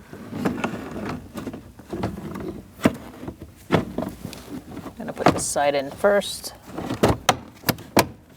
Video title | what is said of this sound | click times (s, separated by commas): How to Replace Cabin Air Filter 2016-2019 Chevrolet Cruze | It should snap into place. | 7.3 s